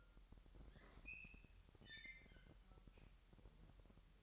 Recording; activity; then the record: daily activity, microphone in the room; open fridge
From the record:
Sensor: 3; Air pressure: 1001.9 hPa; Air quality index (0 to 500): 246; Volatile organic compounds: 51 ppm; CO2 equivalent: 3307 ppm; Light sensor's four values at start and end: 12/36/16/13 and 12/36/16/13